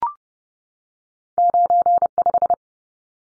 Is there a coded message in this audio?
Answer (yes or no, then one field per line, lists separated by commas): yes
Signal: Morse code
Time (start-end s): 1.4-2.5 s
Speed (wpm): 30 wpm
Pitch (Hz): 700 Hz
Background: none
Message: 95